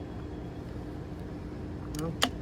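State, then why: Seated. A softener cap component is pushed into a BlueTech water softener housing again after a failed try, over a low steady hum. A faint tick at 2.0 s comes before a sharp snap at 2.2 s as the cap seats in place.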